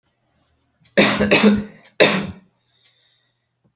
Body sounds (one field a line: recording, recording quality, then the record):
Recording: heavy voluntary cough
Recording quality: excellent, no background noise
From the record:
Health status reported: exposed to COVID-19, no respiratory illness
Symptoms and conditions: sore throat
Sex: male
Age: 18 years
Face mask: not worn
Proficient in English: yes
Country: India